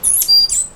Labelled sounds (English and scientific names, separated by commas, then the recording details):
Stitchbird (Notiomystis cincta) song
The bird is a male
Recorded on Tiritiri Matangi Island, New Zealand, in 2005
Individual 9, of nest box 11